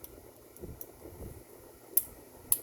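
A ratcheting belt strap is pushed into its buckle, with soft rustling and faint ticks before two sharp clicks at 2.0 s and 2.5 s. The buckle catches on the ratchet teeth on the back of the strap and seats.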